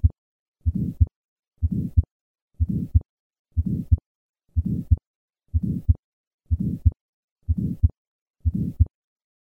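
Adult heart heard by stethoscope at the second right intercostal space, beating at about 62 per minute. An innocent systolic murmur fills the gap between the first and second heart sounds.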